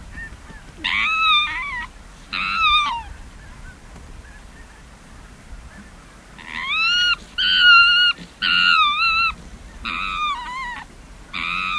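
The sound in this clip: Arctic fox giving harsh, harmonic yelps with a rising then falling pitch, in short bursts of about a second, first two, then a quicker run of five after a pause.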